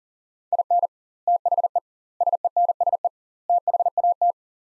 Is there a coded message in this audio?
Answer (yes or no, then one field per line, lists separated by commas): yes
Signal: Morse code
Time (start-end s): 0.5-4.3 s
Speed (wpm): 37 wpm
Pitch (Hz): 700 Hz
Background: none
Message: IN THE SENSE THAT